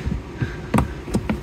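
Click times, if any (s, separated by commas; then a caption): none. A plastic access cover is being handled into the rear interior trim of a Volvo V40 to be pressed back into its clips. A few short, dull taps and knocks sound over a low hum, the loudest near 0.8 s. Nothing has seated or clicked into place yet.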